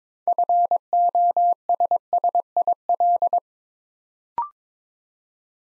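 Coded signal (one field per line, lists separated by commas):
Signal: Morse code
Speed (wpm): 22 wpm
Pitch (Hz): 700 Hz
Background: none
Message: FOSSIL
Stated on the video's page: Morse practice building 6-letter words two letters at a time at 22 wpm, for instant character recognition training.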